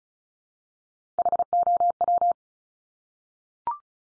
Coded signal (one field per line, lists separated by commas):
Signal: Morse code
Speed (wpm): 34 wpm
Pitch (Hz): 700 Hz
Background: none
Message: HOW